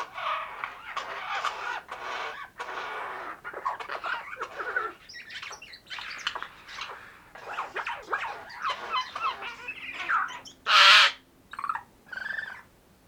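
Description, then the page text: Eurasian jay making varied scratchy chatter and clipped squawks, then one loud sharp screech near the end followed by a few softer notes. "Garrulus glandarius - Сойка"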